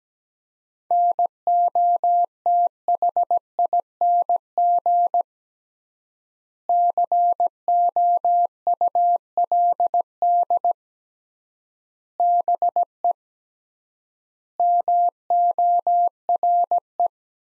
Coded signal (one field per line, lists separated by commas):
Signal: Morse code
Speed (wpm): 17 wpm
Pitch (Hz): 700 Hz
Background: none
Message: NOTHING COULD BE MORE